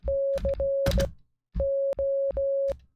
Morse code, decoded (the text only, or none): C O